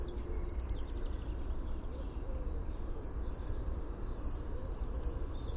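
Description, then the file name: Eurasian blue tit gives very high, thin notes in a quick series of about five, once near the start and again near the end, over a low steady rumble. "Cyanistes caeruleus"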